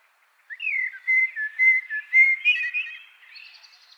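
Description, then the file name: Common blackbird delivering a flowing fluted phrase of several slurred whistles, finishing with a thin, higher twittering flourish. "Turdus merula"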